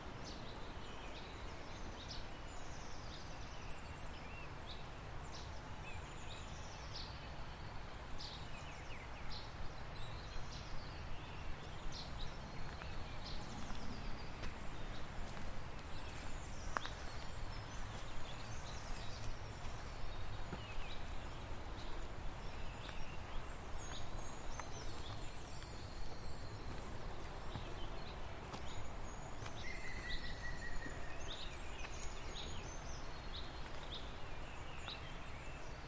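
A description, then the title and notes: A rain-swollen stream rushes in a thick, unbroken wash from start to finish. Over it, birds call in short, bright notes scattered throughout, with a clearer, higher phrase near the thirty-second mark, while trees drip steadily amid the flowing water. Soothing sounds of spring stir in a Welsh rainforest. You're among the moss and ferns of a Welsh rainforest in early spring. Against the backdrop of a stream swollen with rain, the trees are dripping – and the birds stirring. Recorded by Fergus Collins.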